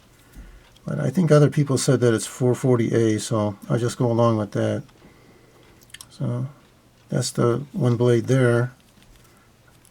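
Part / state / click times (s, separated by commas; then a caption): knife blade into its handle under the backspring / not seated / none. The main blade of a Mitchell RW USA Limited Edition Sunfish slip-joint folding knife with bone handles, its steel reportedly 440A, is handled while someone talks, with a few faint ticks between phrases. The blade has not yet been snapped shut into its handle under the backspring; nothing has seated yet.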